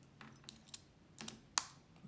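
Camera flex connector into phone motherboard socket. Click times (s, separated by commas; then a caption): 1.6 s. A camera module's flex connector on an LG777 cellphone is handled and pressed onto its socket on the motherboard, giving soft tapping and small clicks. A loud, sharp click at 1.6 s shows the connector seating firmly in place.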